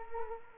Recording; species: mosquito wingbeat signal from an infrared sensor; Culex quinquefasciatus